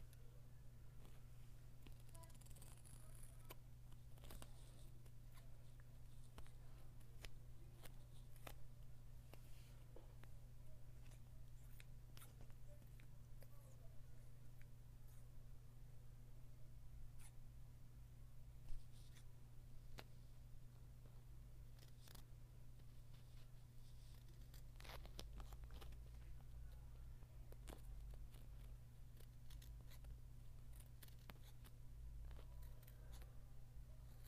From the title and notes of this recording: Book tapping.